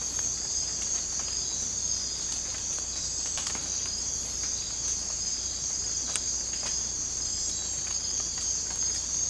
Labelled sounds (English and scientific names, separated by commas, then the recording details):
none
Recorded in dense forest near Puerto Asís, Putumayo, Colombia, on 18 December 2024 at 03:30
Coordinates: 0.466, -76.327
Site G075